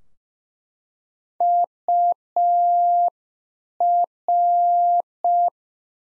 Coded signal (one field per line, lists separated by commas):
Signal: Morse code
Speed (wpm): 5 wpm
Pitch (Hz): 700 Hz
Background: none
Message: UR